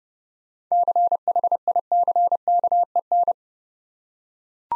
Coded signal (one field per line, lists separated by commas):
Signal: Morse code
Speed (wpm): 30 wpm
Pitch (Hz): 700 Hz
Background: none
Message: CHICKEN